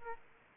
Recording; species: mosquito wingbeat signal from an infrared sensor; Aedes aegypti